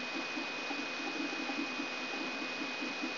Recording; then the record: brain microelectrode recording played as sound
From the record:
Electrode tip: outside the subthalamic nucleus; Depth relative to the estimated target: -7 mm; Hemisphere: left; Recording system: AlphaMap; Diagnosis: Parkinson's disease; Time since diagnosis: 24 years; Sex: male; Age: 67 years